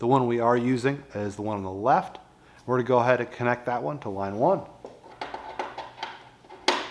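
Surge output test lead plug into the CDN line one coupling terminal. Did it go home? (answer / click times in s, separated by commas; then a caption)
yes / 6.7 s. Someone talks while the surge coupling unit's output test lead plug is brought to the line one coupling terminal on an EM Test PCD 8 S-3-690-1000-100 100 Amp manual surge CDN. Several light handling knocks follow, then a sharp, loud click at 6.7 s as the plug seats in the terminal.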